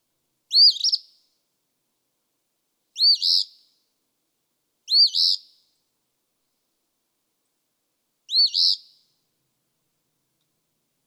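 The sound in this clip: Eastern phoebe song, four raspy two-part phrases at uneven intervals, with the start of another cut off at the end; no other sounds.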